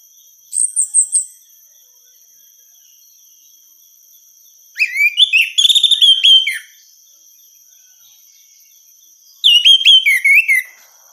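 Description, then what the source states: Orange-headed thrush giving three separate bursts of song: a short high trill, then two longer clusters of sharp, slurred whistles, the last dropping in pitch, with silent gaps between. Female bird.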